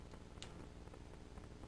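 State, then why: Seated. A pivoting plastic building-brick part is pushed back into position on a toy spaceship model, set #70816. It gives one sharp snap at 0.4 s over a steady low hiss with faint taps, and the part seats in place.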